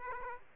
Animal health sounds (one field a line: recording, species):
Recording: mosquito wingbeat signal from an infrared sensor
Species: Aedes aegypti